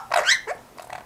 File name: popugai belogolovyi amazon kubinskii amazon popugai bagamov popugai kaimanovyx ostrovov